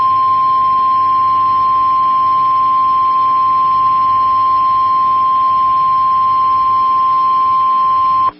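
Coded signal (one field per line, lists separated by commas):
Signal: Emergency Alert System (SAME) tones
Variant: 1050 Hz attention tone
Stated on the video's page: Tornado warning for Charlotte and Lee Counties, Florida, using valid EAS tones.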